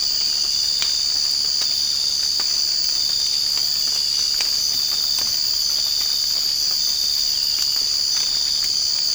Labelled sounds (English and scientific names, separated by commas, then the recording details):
none
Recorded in secondary vegetation near Puerto Asís, Putumayo, Colombia, on 8 March 2025 at 05:00
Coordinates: 0.502, -76.326
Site G100